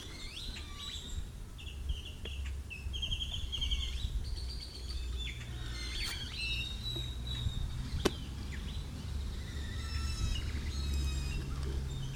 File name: Birds and Ambiance at La Cruz plaza